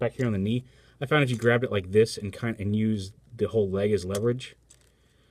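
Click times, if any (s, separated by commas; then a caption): 4.7 s, 4.8 s. Someone talks while levering the tight plastic knee joint of a transforming action figure's leg back, using the whole leg as leverage. After the talking, two small clicks at 4.7 s and 4.8 s mark the joint ratcheting through its two clicks of travel and seating in place.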